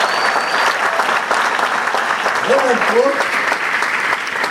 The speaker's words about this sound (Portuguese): Eu queria que você desse a salva de palmas para a equipe de eventos da igreja.